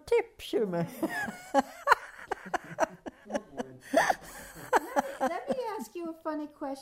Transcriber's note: they laugh